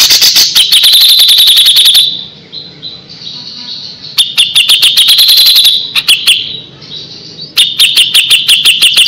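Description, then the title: Grey-cheeked bulbul song: bursts of rapid, sharp, high repeated notes in three bouts, with softer scattered notes in the pauses between them. Masteran song used to train other birds. "MASTERAN CUCAK JENGGOT"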